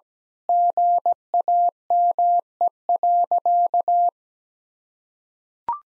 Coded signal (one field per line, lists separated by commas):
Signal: Morse code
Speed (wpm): 17 wpm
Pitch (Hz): 700 Hz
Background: none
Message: GAME.